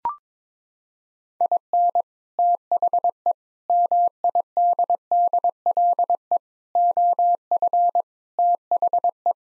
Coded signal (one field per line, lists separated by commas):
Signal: Morse code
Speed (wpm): 22 wpm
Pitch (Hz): 700 Hz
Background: none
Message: IN THE MIDDLE OF THE